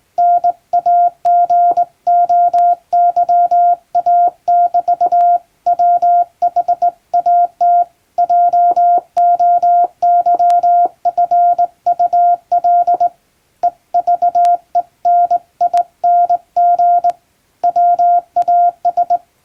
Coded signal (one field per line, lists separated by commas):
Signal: Morse code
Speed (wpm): 20 wpm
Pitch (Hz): 700 Hz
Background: none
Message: NAGOYA<BT>WHAT JOYFUL EVENING WAS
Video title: 船舶通信士の愛用品！名品日本無線JRCの電鍵で打つトンとツーの綺麗なハーモニー！欧文電報を打ってみました。受信練習にYouTubeの再生速度を設定して聞こう morse code practice